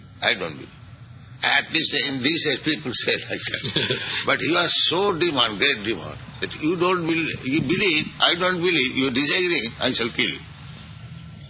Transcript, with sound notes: I don't believe it." At least in this age people say like that. [laughs]
Yes.
But you are so demon, great demon, that "You don't believe... You believe; I don't believe. You disagree---I shall kill you."